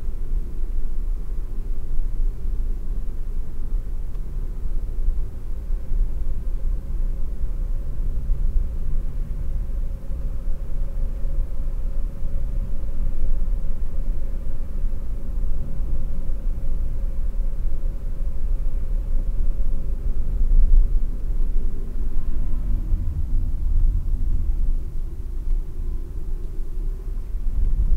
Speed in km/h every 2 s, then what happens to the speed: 41, 44, 41, 42, 45, 47, 49, 49, 48, 48, 45, 41, 38, 41.
0-5 steady at about 41. 5-12 speeds up to 49. 12-18 steady at about 48. 18-23 slows to 38.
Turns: none.